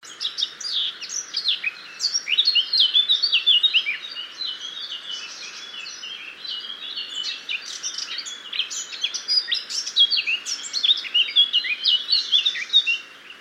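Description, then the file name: Eurasian blackcap giving a long, rapid warble of mixed sweet and scratchy notes in dense phrases, slightly quieter in the middle before resuming. "Sylvia atricapilla"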